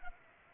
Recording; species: mosquito wingbeat signal from an infrared sensor; Culex pipiens